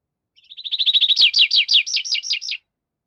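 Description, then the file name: Tree Pipit song: a phrase that starts with soft, quick, even notes, then swells into louder, slower, descending sweeps before stopping abruptly. "Animal Tree Pipit"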